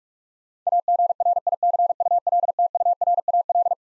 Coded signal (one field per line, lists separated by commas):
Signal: Morse code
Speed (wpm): 46 wpm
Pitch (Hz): 700 Hz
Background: none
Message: AGRICULTURAL